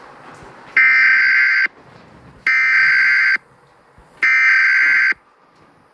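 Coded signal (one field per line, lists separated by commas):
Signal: Emergency Alert System (SAME) tones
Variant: header bursts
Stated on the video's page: Fictional scenario alert, not a real broadcast.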